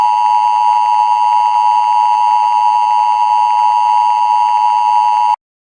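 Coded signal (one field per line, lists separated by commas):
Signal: Emergency Alert System (SAME) tones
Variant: 853 and 960 Hz attention tone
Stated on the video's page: Fictional EAS scenario; tones may be valid or invalid.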